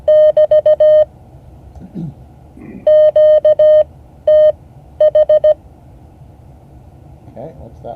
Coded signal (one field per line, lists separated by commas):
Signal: Morse code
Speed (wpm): 16 wpm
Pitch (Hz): 610 Hz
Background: speech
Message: <BT> QTH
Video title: Morse code class 2024-08-06 (8 of 12)